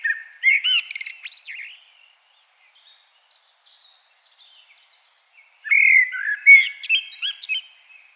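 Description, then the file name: Common blackbird delivering a warbled phrase with a sharp high squeaky ending, then near silence, then another mellow fluted phrase. "Turdus merula"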